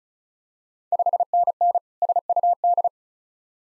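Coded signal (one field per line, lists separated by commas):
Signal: Morse code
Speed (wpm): 36 wpm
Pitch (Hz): 700 Hz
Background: none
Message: 5NN SUD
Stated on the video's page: Morse practice of Ontario QSO Party contest exchanges at 35 wpm, each sent, spoken, then sent again for head-copy.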